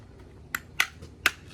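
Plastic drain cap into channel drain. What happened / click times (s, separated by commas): The plastic drain cap popped into place / 1.3 s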